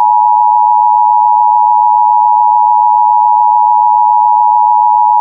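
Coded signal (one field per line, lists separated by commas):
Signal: Emergency Alert System (SAME) tones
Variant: 853 and 960 Hz attention tone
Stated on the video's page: Simulated EAS scenario for Halloween.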